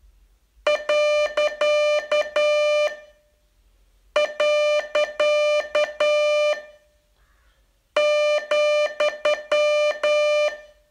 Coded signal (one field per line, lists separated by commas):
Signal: Morse code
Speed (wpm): 11 wpm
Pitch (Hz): 600 Hz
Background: music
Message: . . ,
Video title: Learn Morse in 42 Days from VU2LAU - day 38